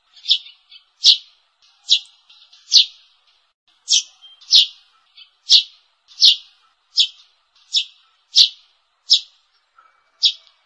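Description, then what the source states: Sparrow chirping in a steady series, bright notes every half second to second, some with short soft notes tucked between, against a quiet background. Lure call.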